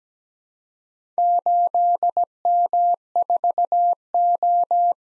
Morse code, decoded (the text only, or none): 8M4O